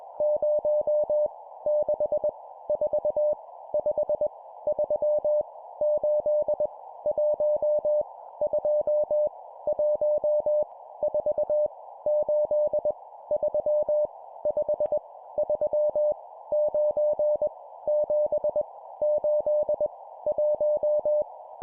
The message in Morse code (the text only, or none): 0 6 4 5 3 8 1 2 1 4 8 3 5 3 9 7 8 1